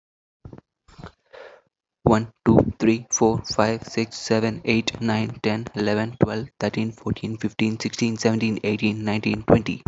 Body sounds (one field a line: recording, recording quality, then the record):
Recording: counting at a fast pace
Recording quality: excellent, no background noise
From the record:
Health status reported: healthy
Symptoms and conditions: none ticked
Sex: male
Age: 18 years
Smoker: not ticked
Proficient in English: yes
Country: India